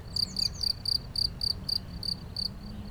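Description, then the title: Cricket chirps, high and pulsed, about four per second, growing weaker toward the end over a quiet background. Single cricket in Chindrieux, France; among the first crickets of the season, calling intermittently for several days. "Chindrieux, France - grillon seul"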